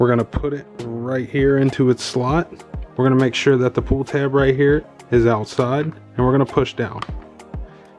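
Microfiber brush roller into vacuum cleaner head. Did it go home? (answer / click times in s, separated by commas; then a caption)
yes / 7.4 s, 7.5 s. A microfiber brush roller is placed into its slot in a vacuum cleaner head with its pull tab left outside, then pushed down while someone talks. Clicks sound at 7.4 s and 7.5 s as the brush roller seats in place.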